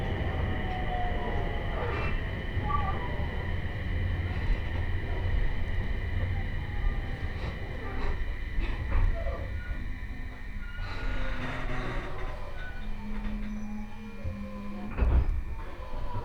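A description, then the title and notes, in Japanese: A train ride on the Tohoku Main Line, with a steady low rumble of the railcar running throughout. Faint high whines and squeals ride above it, and a sustained mid tone appears around twelve to fifteen seconds, followed by a sharp knock near fifteen seconds. 鉄道旅 東北本線 福島→北白川。列車はこの途中で福島県から宮城県へと入っていきます。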